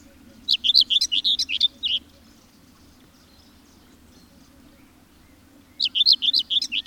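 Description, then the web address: Bird song with fast, high, jumbled warbling phrases, about one and a half seconds long, separated by a silent gap of roughly four seconds; low steady background hum. "madarak enek"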